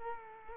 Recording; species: mosquito wingbeat signal from an infrared sensor; Culex quinquefasciatus